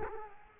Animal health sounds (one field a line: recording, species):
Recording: mosquito wingbeat signal from an infrared sensor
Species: Culex quinquefasciatus